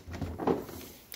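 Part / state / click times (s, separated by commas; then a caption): modular tool box onto rolling tool box stack / not seated / none. A plastic Ryobi LINK modular tool box is pushed onto a rolling tool box stack, giving low scraping and sliding rumbles with a heavier thump around 0.5 s and a faint, brief tick near 1.1 s. The box does not lock in, and nothing has clicked into place yet.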